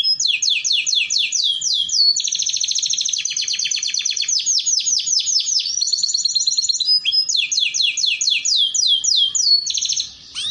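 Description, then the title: Canary song with sustained fast trills of sweeping high notes, changing rhythm between phrases, continuous for about ten seconds. Belgian canary song used to warm up and train canaries to sing. "Canto Para Esquentar Canário Belga. Terapi Pancingan Suara Kenari Gacor || Masteran Kenari Paud Belajar Bunyi"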